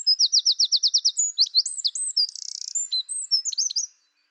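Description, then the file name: Eurasian wren song, very high and loud, opening with a fast series of repeated notes, then twisting whistles, a buzzy rattle and sharp closing notes. "Troglodytes troglodytes"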